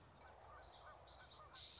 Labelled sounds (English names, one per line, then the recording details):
Common Yellowthroat
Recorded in Sonoma County, California